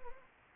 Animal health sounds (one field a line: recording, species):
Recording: mosquito wingbeat signal from an infrared sensor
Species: Anopheles arabiensis